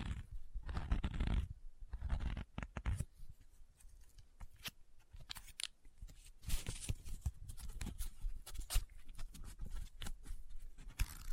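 Paper being handled: folded, rubbed and crinkled in quick, irregular bursts. A heavier rustle opens the first two seconds, then come sharp crisp crackles and scratchy strokes, dense and uneven, with short quiet gaps between them throughout.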